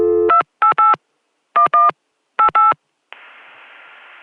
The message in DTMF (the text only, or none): 288 11 88